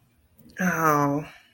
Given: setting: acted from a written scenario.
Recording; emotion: vocal sound without words; disappointment